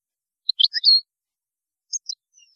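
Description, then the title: European goldfinch giving brief high twittering notes and a slurred whistle, then a pause and a few more scattered chirps. "Chant Chardonneret"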